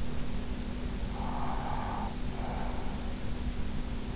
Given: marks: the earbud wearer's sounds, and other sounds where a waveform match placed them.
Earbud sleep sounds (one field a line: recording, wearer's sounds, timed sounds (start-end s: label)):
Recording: sounds in sleep by an in-ear microphone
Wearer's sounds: breath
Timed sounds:
1.07-3.27 s: breath